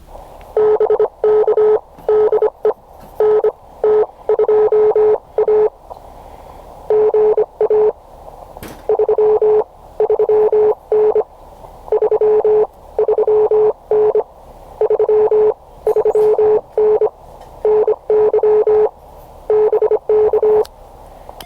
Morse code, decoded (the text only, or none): BK DE NT2A GA 33N 33N 33N NY BK